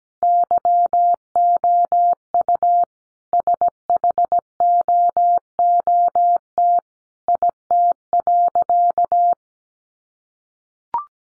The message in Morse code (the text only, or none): YOU SHOOT IT.